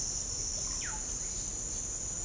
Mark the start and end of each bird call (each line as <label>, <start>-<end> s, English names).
Russet-backed Oropendola, 0.76-1.02 s